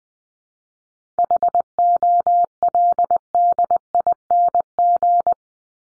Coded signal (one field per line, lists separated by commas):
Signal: Morse code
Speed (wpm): 20 wpm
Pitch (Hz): 700 Hz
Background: none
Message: HOLDING